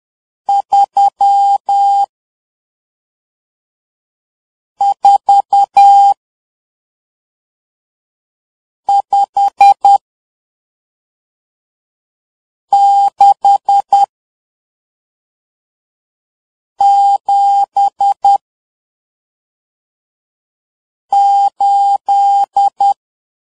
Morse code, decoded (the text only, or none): 3 4 5 6 7 8